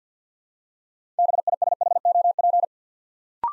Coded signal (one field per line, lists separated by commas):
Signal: Morse code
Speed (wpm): 49 wpm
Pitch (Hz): 700 Hz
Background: none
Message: BISHOP